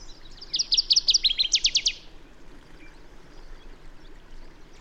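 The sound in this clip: Bird song: a quick string of high, clipped notes ending in a tight rattling trill, then only faint background twitter and hiss.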